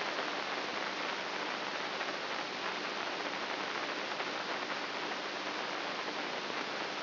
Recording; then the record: brain microelectrode recording played as sound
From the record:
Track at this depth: inside the subthalamic nucleus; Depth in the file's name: 0.441 mm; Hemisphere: right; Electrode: 3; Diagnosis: Parkinson's disease